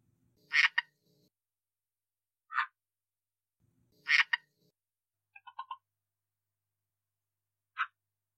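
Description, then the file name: Red-eyed tree frog giving abrupt clicking chacks at uneven intervals, some doubled, with a brief series of soft ticking pulses in between. "red eye tree frog calling"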